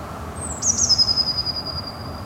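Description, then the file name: Eurasian blue tit giving a single very high, thin call that drops slightly, then holds a long steady whistle for over a second, over soft background hiss. "Cyanistes caeruleus"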